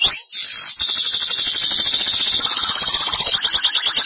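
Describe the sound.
Belgian canary song: a sustained, rapid rolling trill of high notes, opening with a brief rising note and running on evenly.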